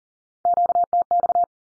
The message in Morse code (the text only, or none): QTX